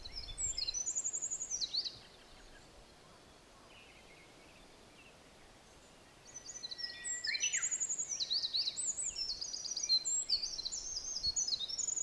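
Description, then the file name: Olive-backed Pipit: two bursts of high, rapid, buzzy trills and twitters separated by a few seconds of quiet, the second burst longer. Recorded at Mt Hinoki. "Indian Tree Pipit At Mt Hinoki"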